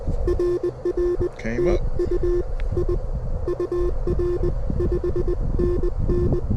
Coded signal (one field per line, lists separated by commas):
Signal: Morse code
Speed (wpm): 20 wpm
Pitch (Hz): 350 Hz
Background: speech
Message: RR TU I UR 5NN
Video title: The Wind Is A Hater! First Full POTA Activation At 25 WPM 🔥 Steady Climbing The Morse Code Ladder